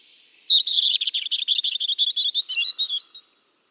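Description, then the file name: European robin song: a short high thin note, then a long run of rapid, fluttering warbled notes that ends in a few sweeter slurred whistles. "Erithacus rubecula"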